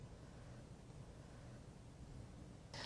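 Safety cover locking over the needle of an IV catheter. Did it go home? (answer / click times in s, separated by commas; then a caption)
yes / 2.7 s. After a plastic IV catheter is advanced into a vein, its protective safety cover is pulled back over the steel needle against a steady low background hum. A short, bright click at 2.7 s marks the cover locking in place, leaving the needle safely inside the cover.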